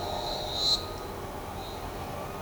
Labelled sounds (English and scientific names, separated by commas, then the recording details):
none
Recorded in shrubland near Pivijay, Magdalena, Colombia, on 17 April 2023 at 15:30
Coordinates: 10.453, -74.365
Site P5-G022